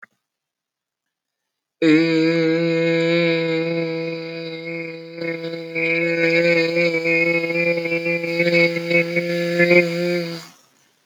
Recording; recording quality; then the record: sustained vowel as in made; excellent, no background noise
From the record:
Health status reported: respiratory illness, not identified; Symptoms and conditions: cold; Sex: male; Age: 18 years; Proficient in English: yes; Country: India